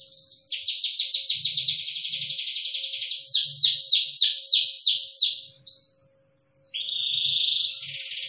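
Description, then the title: Canary song opening with a fast buzzy trill, then a run of about six loud descending sweeps, followed by steady whistled tones and another rapid trill. Cengkok song style, the kind sought by contest judges. "Cengkok kenari mewah yang di cari juri"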